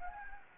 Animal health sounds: mosquito wingbeat signal from an infrared sensor; Anopheles gambiae

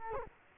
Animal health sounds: mosquito wingbeat signal from an infrared sensor; Culex quinquefasciatus

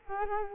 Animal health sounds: mosquito wingbeat signal from an infrared sensor; Culex quinquefasciatus

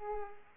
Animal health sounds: mosquito wingbeat signal from an infrared sensor; Aedes aegypti

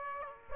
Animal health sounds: mosquito wingbeat signal from an infrared sensor; Aedes aegypti

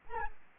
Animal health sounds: mosquito wingbeat signal from an infrared sensor; Aedes albopictus

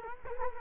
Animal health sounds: mosquito wingbeat signal from an infrared sensor; Culex quinquefasciatus

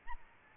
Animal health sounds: mosquito wingbeat signal from an infrared sensor; Aedes albopictus

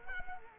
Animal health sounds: mosquito wingbeat signal from an infrared sensor; Culex quinquefasciatus

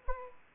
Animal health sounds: mosquito wingbeat signal from an infrared sensor; Anopheles arabiensis

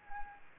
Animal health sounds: mosquito wingbeat signal from an infrared sensor; Anopheles gambiae

